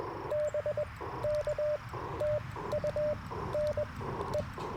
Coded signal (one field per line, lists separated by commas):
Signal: Morse code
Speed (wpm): 20 wpm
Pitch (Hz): 600 Hz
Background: radio noise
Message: BK TU NE